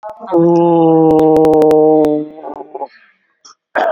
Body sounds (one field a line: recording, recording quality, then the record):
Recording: sustained vowel as in boot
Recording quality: excellent, no background noise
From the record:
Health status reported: exposed to COVID-19, no respiratory illness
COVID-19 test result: negative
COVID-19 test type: RT-PCR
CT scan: taken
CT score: 5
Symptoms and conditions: cough, cold, breathing difficulty, fever, hypertension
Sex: male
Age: 60 years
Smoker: no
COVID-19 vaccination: both doses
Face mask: not worn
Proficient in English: no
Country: India